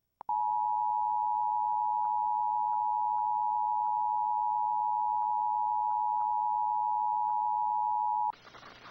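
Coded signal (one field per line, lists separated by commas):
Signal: Emergency Alert System (SAME) tones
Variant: 853 and 960 Hz attention tone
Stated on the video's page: Tornado warning received on weather radio station in Monroe, Louisiana, relayed through a Sage Endec and Chyron CODI character generator.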